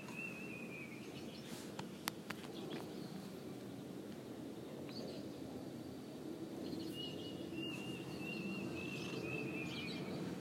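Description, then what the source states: Plaintive cuckoo calling with thin, high whistles: one brief descending note at the start, then a longer sliding whistled series near the end, over a steady low background hum. Recorded 11 April 2020.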